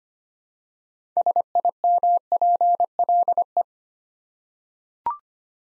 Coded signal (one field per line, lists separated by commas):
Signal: Morse code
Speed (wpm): 25 wpm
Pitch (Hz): 700 Hz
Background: none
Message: SIMPLE